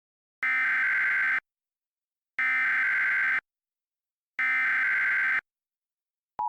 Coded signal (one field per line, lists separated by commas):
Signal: Emergency Alert System (SAME) tones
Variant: header bursts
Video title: EAS Historical: AA flight 587